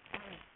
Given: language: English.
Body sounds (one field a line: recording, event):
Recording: throat vibration sensor signal played as sound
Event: throat clearing